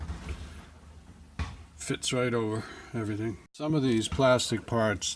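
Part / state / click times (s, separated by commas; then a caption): plastic steering column top cover onto the steering column / seated / 1.4 s. A plastic top cover is pressed onto the steering column of a Lexus IS300, held by a single snap in the middle. A sharp click at 1.4 s marks it snapping into place, and it then fits over everything. Someone talks throughout.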